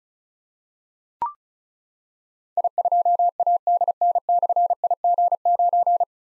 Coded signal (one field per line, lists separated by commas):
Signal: Morse code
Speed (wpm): 36 wpm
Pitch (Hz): 700 Hz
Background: none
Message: I2ADN/IG9